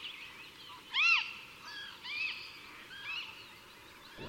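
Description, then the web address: Western marsh harrier uttering arched whistled calls, one loud, then several softer ones about once a second. "chant xeno-canto busard des roseaux"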